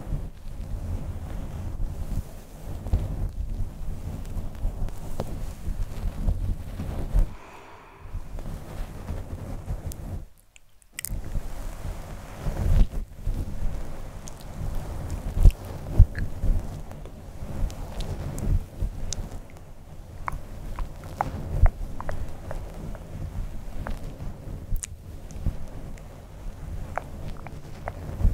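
Soft touching, scratching and plucking on a fluffy mic cover, with a steady low rustling rumble running throughout. Small sharp plucks and ticks pop up irregularly, more often in the second half. There are brief dropouts to near silence around 7 and 10 seconds.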